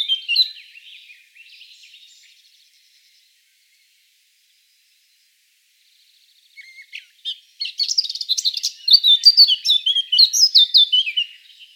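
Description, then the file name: Eurasian blackcap song: a short warbled phrase, a few seconds of quiet, then a long, loud burst of rapid, varied chattering and fluty notes. "Sylvia atricapilla"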